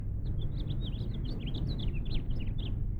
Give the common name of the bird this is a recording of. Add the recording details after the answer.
House Finch. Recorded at Woodmere on Long Island, New York, on 11 June 1975. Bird E